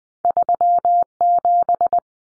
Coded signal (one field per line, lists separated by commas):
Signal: Morse code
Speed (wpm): 20 wpm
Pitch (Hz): 700 Hz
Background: none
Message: 37